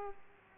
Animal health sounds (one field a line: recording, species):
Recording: mosquito wingbeat signal from an infrared sensor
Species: Aedes aegypti